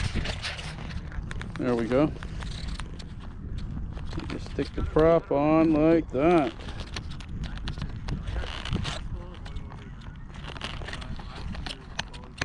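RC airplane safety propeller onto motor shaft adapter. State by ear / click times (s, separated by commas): not seated / none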